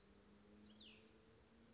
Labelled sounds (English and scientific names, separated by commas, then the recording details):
Cassin's Vireo (Vireo cassinii)
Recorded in Sonoma County, California